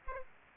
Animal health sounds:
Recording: mosquito wingbeat signal from an infrared sensor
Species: Aedes aegypti

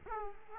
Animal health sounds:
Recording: mosquito wingbeat signal from an infrared sensor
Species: Aedes aegypti

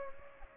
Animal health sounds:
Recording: mosquito wingbeat signal from an infrared sensor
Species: Aedes aegypti

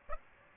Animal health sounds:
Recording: mosquito wingbeat signal from an infrared sensor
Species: Aedes aegypti

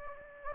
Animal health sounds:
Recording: mosquito wingbeat signal from an infrared sensor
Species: Anopheles gambiae

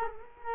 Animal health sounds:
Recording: mosquito wingbeat signal from an infrared sensor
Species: Culex quinquefasciatus

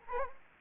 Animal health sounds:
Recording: mosquito wingbeat signal from an infrared sensor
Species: Anopheles arabiensis

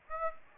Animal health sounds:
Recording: mosquito wingbeat signal from an infrared sensor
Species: Aedes aegypti

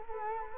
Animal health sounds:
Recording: mosquito wingbeat signal from an infrared sensor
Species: Culex quinquefasciatus

